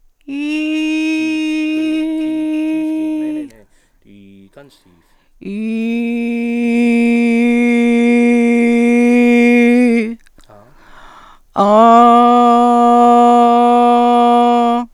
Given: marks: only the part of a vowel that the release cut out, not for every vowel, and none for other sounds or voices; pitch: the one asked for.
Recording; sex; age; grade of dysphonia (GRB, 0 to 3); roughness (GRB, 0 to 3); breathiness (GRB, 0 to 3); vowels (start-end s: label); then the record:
sustained vowels; female; 40 to 49 years; 1; 0; 1
0.36-1.16 s: vowel /i/, high pitch
8.28-9.94 s: vowel /i/, low pitch
12.24-14.24 s: vowel /a/, low pitch
From the record:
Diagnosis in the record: recurrent laryngeal nerve paralysis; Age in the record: 49 years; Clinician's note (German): Strumipriv mit Stillstand links, Einschränkung der Beweglichkeit rechts, vollkommene phonatorische Kompensation